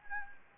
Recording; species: mosquito wingbeat signal from an infrared sensor; Anopheles gambiae